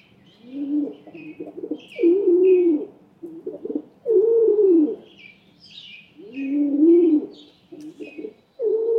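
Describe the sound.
Rock pigeon cooing, low throaty coos mixed with short stuttering notes, a steady low hum and high chirps of other birds behind.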